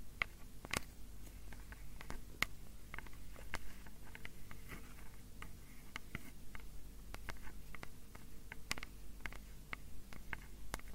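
Sharp fingernail taps click at irregular moments, some in quick clusters, over a soft steady hiss with a faint low hum underneath.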